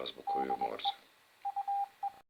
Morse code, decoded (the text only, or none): DE UE